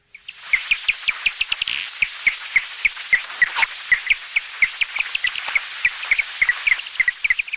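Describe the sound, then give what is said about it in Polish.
Bat calls from an ultrasonic recording made audible: a steady train of sharp, high chirping clicks, several per second, crowding closer together toward the end, with no talking. “Najpierw nietoperza nagrywamy, potem nagranie przetwarzamy. A wtedy słychać coś takiego.”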